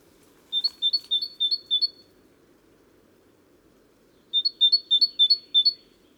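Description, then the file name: Great tit giving two runs of quick, piercing two-note phrases with a pause of a few seconds between, over a steady low hum. "Parus major"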